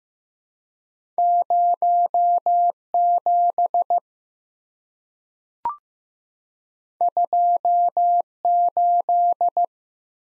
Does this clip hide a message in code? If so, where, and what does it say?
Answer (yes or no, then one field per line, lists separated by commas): yes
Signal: Morse code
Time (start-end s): 1.2-9.7 s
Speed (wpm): 15 wpm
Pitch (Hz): 700 Hz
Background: none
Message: 0 7 2 8